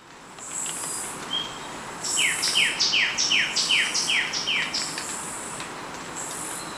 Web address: Natures Songs S America Birds of Ecuador Sepia-brown Wren